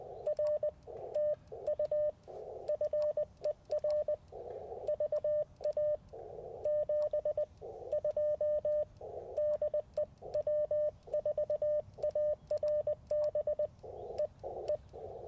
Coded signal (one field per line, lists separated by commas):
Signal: Morse code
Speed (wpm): 20 wpm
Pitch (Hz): 600 Hz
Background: radio noise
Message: R TU FER VA 72 DE W4ARB E E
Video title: QRP CW at Tuskegee National Forest - 1/28/24